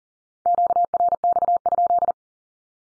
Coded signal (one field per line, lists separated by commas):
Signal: Morse code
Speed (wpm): 40 wpm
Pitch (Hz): 700 Hz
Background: none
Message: QRX?